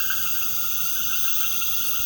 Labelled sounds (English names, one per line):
none